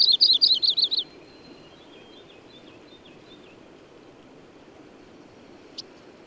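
Bird song: a fast, high trill at the start, followed by soft, faint notes and a single sharp click near the end.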